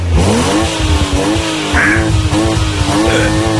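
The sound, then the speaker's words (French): A sports car with an overhead-cam engine, kept in a studio, roars loudly and steadily, its pitch rising then holding in a throaty drone, while two short, high tire squeals cut through partway in and near the end. “Bien sûr, moi j'ai une grande voiture dans le studio.”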